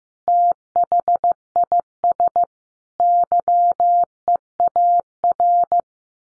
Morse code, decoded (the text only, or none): THIS YEAR